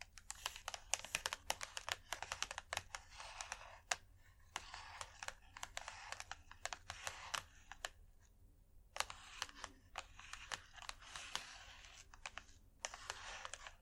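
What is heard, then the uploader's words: Scratchy tapping runs in quick, irregular bursts of sharp, crisp clicks, dense and bright like fingernails rattling over a hard surface. The flurries break off briefly around four seconds and again near eight to nine seconds, with a low, steady hum underneath. Irresistible Scratchy-tapping.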